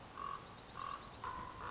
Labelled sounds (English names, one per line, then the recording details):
Common Raven
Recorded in Sonoma County, California